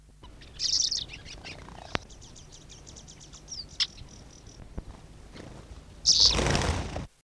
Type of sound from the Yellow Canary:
call